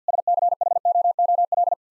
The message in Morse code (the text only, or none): SCHOOL